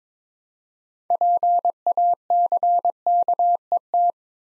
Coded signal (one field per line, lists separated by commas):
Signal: Morse code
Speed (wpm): 22 wpm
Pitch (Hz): 700 Hz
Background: none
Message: PACKET